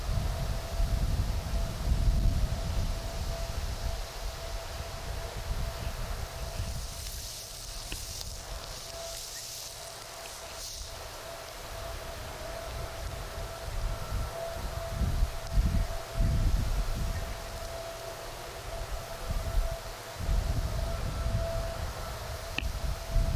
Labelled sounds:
Red Deer (Cervus elaphus) rut call
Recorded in the wild
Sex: diverse
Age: adult
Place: Banff National Park, Rocky Mountains, Alberta, CA
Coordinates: 51.1781, -115.556
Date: 1991-09-19 20:15
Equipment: Sony WM-D6C, Sony ECM-939 LT (Stereo), Kopie Uher 4400 IC
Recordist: Frommolt, Karl-Heinz

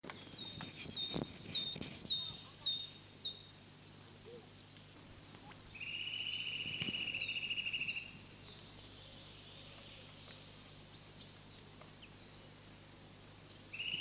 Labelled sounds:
Eurasian Nuthatch (Sitta europaea)
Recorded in the wild
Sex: male
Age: adult
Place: Hermsdorfer Forsten, Berlin, DE
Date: 2006-04-15 13:10
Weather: sunny, ca. 12°C
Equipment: Grundig CR 110, Sennheiser ME 80, Kopie Uher 4000 Report Monitor
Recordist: Tembrock, Günter

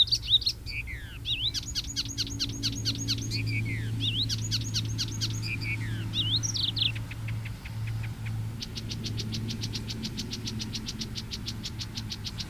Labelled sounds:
Icterine Warbler (Hippolais icterina) song
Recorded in the wild
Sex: male
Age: adult
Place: Hemhofen, Bayern, DE
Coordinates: 49.68, 10.9361
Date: 1964-06-02
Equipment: Original, Vollspur, Parabolspiegel Grampian
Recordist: Tretzel, Erwin

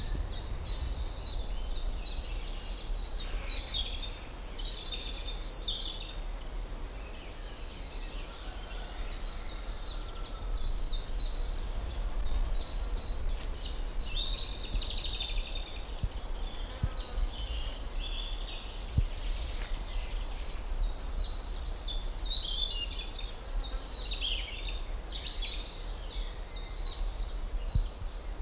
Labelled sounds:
European Robin (Erithacus rubecula)
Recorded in the wild
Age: adult
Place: Schildow, NSG, Kalktuffgelände am Tegeler Fließ (NSG Schildow), Berlin, DE
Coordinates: 52.642, 13.37
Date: 1992-06-21
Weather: sonnig, 19-26 °C
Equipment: Marantz CP 430, Sennheiser ME 80, Kopie Tesla B 116
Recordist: Tembrock, Günter

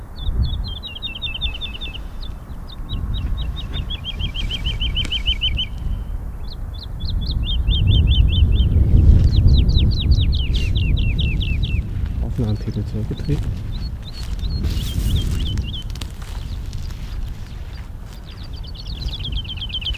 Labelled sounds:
Wood Lark (Lullula arborea)
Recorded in the wild
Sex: male
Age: adult
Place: Schönow, Naturpark Barnim, Brandenburg, DE
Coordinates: 52.6847, 13.5225
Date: 2005-03-21 10:07
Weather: fair, 2 - 3°C, slightly windy
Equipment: Tascam DA-P1, Sennheiser MKH 70, Windschutz
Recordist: Frommolt, Karl-Heinz

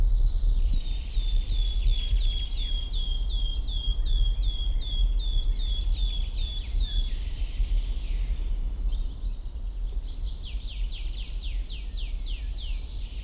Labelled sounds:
Common Chaffinch (Fringilla coelebs)
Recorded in the wild
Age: adult
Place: Mühlenbecker Wald, Brandenburg, DE
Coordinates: 52.689, 13.356
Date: 1993-05-08 11:20
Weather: sonnig, ca. 23 °C
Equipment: Marantz CP 430, Sennheiser ME 80, Kopie Uher Variocord 263
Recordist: Tembrock, Günter

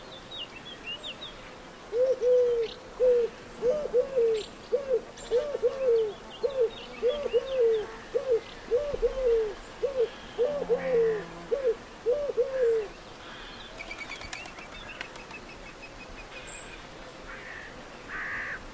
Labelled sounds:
Eurasian Collared Dove (Streptopelia decaocto)
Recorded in the wild
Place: Tiuccia, Corsica, FR
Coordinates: 42.0703, 8.73083
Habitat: urban place
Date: 2011-07-23
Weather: 15°C, sunny, weak winds
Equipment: Fostex FR2-LE, Sennheiser ME66, Popschutz
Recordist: Frommolt, Karl-Heinz

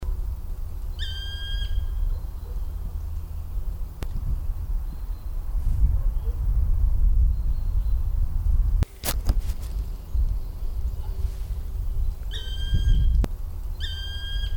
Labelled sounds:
Black Woodpecker (Dryocopus martius) call
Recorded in the wild
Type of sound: call
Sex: male
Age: adult
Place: Lanke, Brandenburg, DE
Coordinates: 52.7525, 13.5775
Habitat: lake
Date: 1997-03-30 17:28
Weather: fair, 5°C, wind
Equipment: Sony MD-WM MZ-R3, Sennheiser MKH 416 T, Kopie Uher 4000 Report Monitor
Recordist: Tembrock, Günter
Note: Am Hellsee. Männchen: Rufe am Baum sitzend

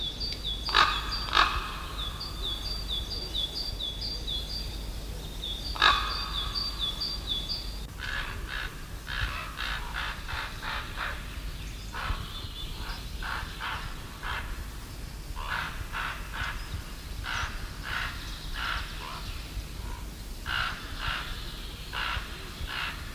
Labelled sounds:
Common Raven (Corvus corax) call
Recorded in the wild
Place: Reichshof, OT Lüsberg, Nordrhein-Westfalen, DE
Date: 1971-05-11
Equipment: Halbspur, 9,5 cm/s
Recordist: Lütgens, Hans

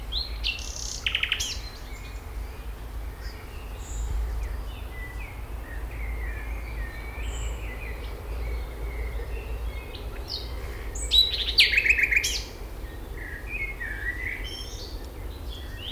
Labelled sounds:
Common Nightingale (Luscinia megarhynchos)
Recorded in the wild
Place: Schloßpark Niederschönhausen, Berlin, DE
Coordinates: 52.58, 13.4
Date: 1996-05-26 17:30
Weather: wechselnd wolkig, 17°C
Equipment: Sony MD-WM MZ-R3, Sennheiser MKH 416 T, Kopie Uher 4000 Report Monitor
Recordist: Tembrock, Günter

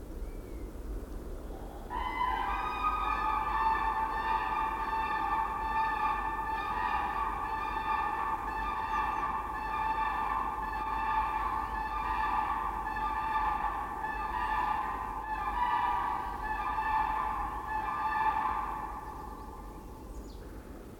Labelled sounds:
Demoiselle Crane (Grus virgo) call
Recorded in the wild
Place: Groß Nemerow, Mecklenburg-Vorpommern, DE
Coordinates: 53.448, 13.219
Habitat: Forest
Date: 1982-03-23
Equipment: Nagra III BH, Sennheiser MD 21, parabola
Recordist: Schubert, Michael

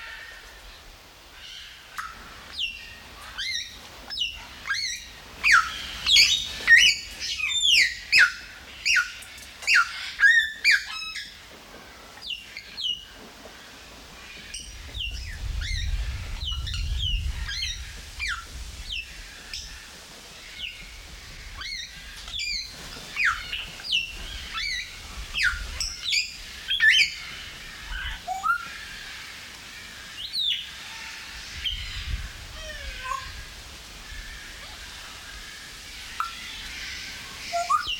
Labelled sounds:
Greater Vasa Parrot (Coracopsis vasa)
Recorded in captivity
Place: Zoo Berlin, Berlin, DE
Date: 1995-07-22 19:07
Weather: heiter, 20-22°C
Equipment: Sony WM-D6C, Sennheiser ME 80, Kopie Uher 4000 Report Monitor
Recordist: Tembrock, Günter

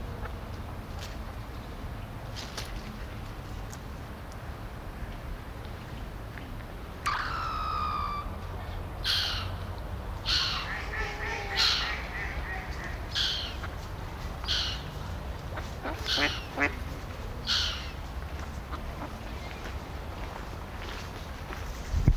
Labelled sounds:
Mallard (Anas platyrhynchos) call
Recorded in the wild
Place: Eutin, Holsteinische Schweiz, Schleswig-Holstein, DE
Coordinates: 54.132, 10.614
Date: 1992-09-16 16:45
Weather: heiter, 15-19°C
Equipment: Marantz CP 430, Sennheiser ME 80, Kopie Tesla B 116
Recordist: Tembrock, Günter

